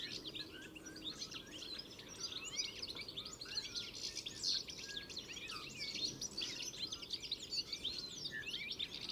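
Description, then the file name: European goldfinch calls: dense, overlapping bright twittering and tinkling chirps running throughout, over a faint steady background hiss. "Carduelis carduelis"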